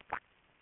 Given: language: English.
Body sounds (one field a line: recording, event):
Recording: throat vibration sensor signal played as sound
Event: swallow